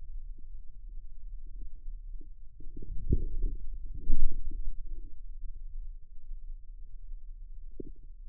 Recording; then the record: forearm muscle sounds (acoustic myography)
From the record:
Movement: outward rotation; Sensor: system 2, bracelet of six BSWA MPA416 microphones around the upper forearm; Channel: 4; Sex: male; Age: 22 years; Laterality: right